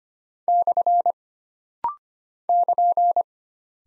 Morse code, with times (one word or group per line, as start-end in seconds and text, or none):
0.5-1.1 /
2.5-3.2 <KN>